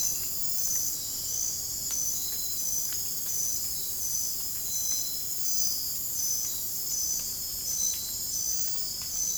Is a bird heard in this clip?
no